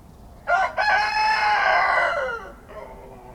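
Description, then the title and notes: Rooster crow, a brief opening syllable then a long drawn-out harmonic note that slides down at the end, with faint low noise behind. Rooster in a pen at a small farmhouse in Kawcze, Śrem district, Wielkopolskie, Poland; intense crowing; recorded with a Roland R-07. "28g, Kawcze, gmina Śrem, powiat śremski, województwo wielkopolskie, 63-100, Polska - rooster in the pen. The intense crowing of a rooster in a small farmhouse"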